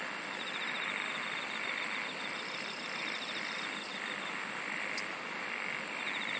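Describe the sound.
Singing insects: rapid ticking trill in bursts, regular high-pitched buzzes a little over a second apart, and one sharp click near the end, over steady hiss.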